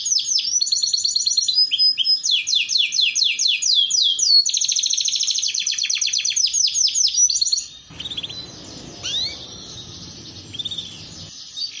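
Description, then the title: Canary song with fast trills and sweeping rolled phrases for about eight seconds, then stopping, followed by low rumbling noise with a few faint chirps. Belgian canary song, played to warm up canaries and to train young canaries in their song. "Canto Para Esquentar Canário Belga. Terapi Pancingan Suara Kenari Gacor || Masteran Kenari Paud Belajar Bunyi"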